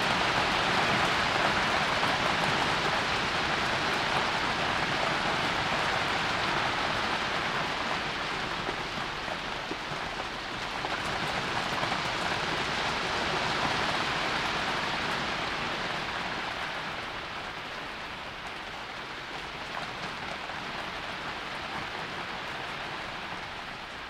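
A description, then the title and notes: Rain drums steadily on a thin tarpaulin stretched over an open roof, a dense patter of countless drops with a bright, hissing edge. The downpour holds even throughout, easing only slightly in loudness during the last third. Rain On Missing Roof. The roof of the house is being replaced, so the only thing between the autoum rain, and the attic, is a thin tarpaulin. The sound was dark and quite relaxing to listen.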